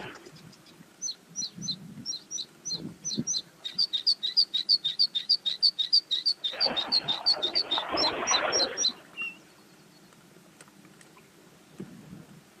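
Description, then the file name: Bluethroat singing spaced double notes that accelerate into a fast, ringing metallic series, ending abruptly, with a patch of rushing noise near the end. "gorge bleue"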